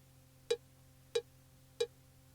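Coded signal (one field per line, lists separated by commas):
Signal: none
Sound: answering machine beeps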